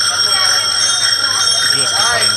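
A bicycle bell rings over and over for a couple of seconds, its bright, high metallic tones blurring into a steady shimmering jangle over a constant background noise.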